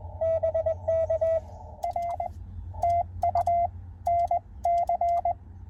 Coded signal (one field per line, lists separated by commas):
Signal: Morse code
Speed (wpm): 21 wpm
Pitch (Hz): 690 Hz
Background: none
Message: BK R TU NC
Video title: 2024 Hamvention Road Trip Day 3